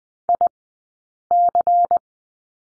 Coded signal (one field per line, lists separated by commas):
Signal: Morse code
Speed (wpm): 20 wpm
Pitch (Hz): 700 Hz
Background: none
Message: IC